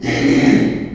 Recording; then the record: squeal of a Yucatan mini pig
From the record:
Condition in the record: after surgery on the right vocal fold (resection and tissue-engineered implant); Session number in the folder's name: 2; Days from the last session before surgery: 13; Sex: male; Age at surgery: 12 weeks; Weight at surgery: 13 kg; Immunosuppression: cyclosporine, prednisolone